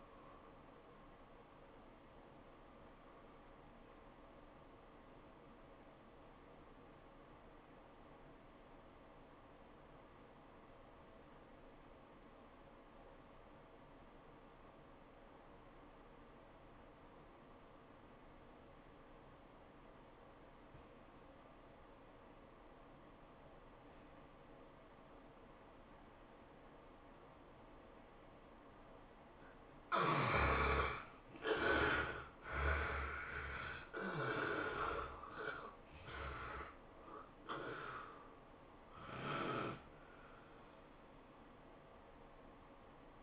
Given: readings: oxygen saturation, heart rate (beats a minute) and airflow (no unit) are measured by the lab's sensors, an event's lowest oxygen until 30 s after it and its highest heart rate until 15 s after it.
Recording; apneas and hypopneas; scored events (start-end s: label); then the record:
breathing in sleep by a voice recorder at the bedside; 1
6.00-30.40 s: obstructive apnea (N1, oxygen 97% highest, then 67% lowest, heart rate 96 at the start, 107 highest)
From the record:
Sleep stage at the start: N1 (lightest sleep); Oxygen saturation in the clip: 69 to 97%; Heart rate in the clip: 78 to 111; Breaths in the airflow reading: 3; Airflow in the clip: -15.9 to 14.6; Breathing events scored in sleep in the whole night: 403 in 5.5 hours asleep